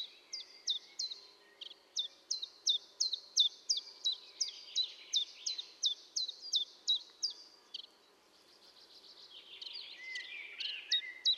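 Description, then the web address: Common chiffchaff song, a quick steady run of short sharp down-stroked notes, then a pause with softer twittering and a few more notes. Recorded at Valsolda. "cibra valsolda. Lui piccolo"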